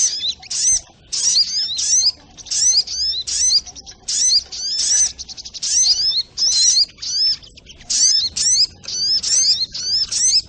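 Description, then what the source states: Little spiderhunter song of short, sharp, high twittering bursts of quick swept notes, repeated with brief pauses. Masteran training recording of the song, labelled Labaik.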